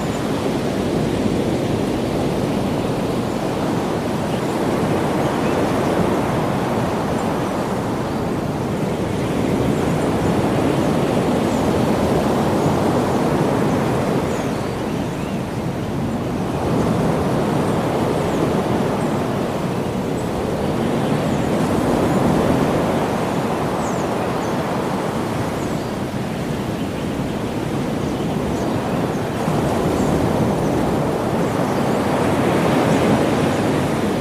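Ocean surf rolls in a steady, dense wash that swells and eases in broad waves roughly every five to seven seconds, with brief dips near 15 and 25 seconds. The roar sits mostly low and full, with a softer hiss of spray above.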